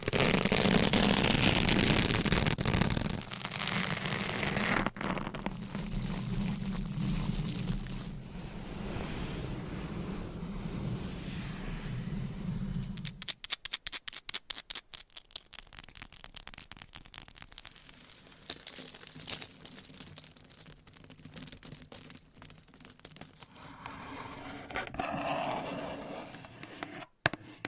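Scratching and rubbing sounds shift from one texture to the next every few seconds, starting with a dense, bright rasp over a low hum that stops abruptly around thirteen seconds. Rapid crackly taps follow, then softer brushing, with a sharp click near the end.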